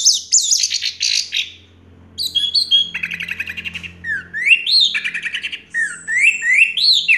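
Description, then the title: Orange-headed thrush song, a varied run of high, fast warbled phrases with sweeping upslurred and downslurred notes, broken by a short pause near two seconds. Song used to prompt a silent, non-singing orange-headed thrush into singing. "Anis Merah Macet.. Pancing Dengan Suara Ini.. # Anis Merah"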